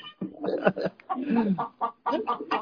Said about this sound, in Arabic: هذه فرخة ليست ديكة.